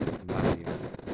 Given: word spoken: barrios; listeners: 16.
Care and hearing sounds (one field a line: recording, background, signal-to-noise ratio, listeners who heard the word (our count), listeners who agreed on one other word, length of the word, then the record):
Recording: one Spanish word in noise, from a listening test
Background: noise modulated by one talker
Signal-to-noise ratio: -10.5 dB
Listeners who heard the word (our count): 1 of 16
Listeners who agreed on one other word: 8 of 16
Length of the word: 0.74 s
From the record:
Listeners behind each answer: 8, 4, 1, 1, 1, 1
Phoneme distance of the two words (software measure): 10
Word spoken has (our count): 2 syllables, 6 phonemes, stress on syllable 1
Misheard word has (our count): 2 syllables, 6 phonemes, stress on syllable 1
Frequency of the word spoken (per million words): 29.41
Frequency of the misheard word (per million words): 231.48